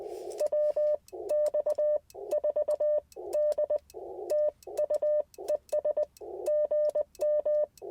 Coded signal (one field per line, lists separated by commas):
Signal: Morse code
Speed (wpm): 20 wpm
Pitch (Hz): 600 Hz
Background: none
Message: WX4D TU ES GM